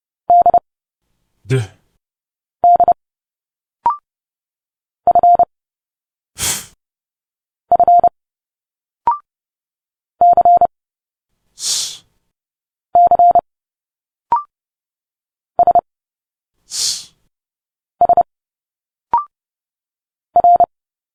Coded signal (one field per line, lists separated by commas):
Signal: Morse code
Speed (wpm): 30 wpm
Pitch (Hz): 700 Hz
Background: speech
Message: D D F F C C S S R